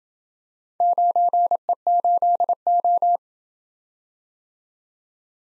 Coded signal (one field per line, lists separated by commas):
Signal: Morse code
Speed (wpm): 27 wpm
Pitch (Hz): 700 Hz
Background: none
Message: 9E8O